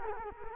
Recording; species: mosquito wingbeat signal from an infrared sensor; Culex quinquefasciatus